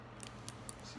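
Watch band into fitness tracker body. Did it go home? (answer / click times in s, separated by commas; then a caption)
yes / 0.5 s. A watch band end is lined up with the grooves of a Fitbit Charge 2 fitness tracker body and pressed back on. Several short, sharp clicks sound at about 0.2, 0.5, 0.7 and 1.0 seconds over a low steady hum. The band clicks back into place and is seated at 0.5 seconds.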